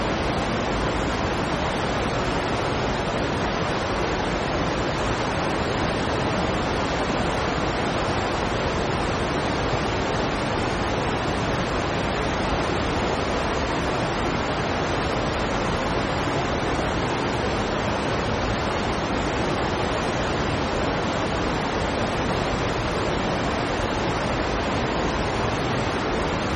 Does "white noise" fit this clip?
yes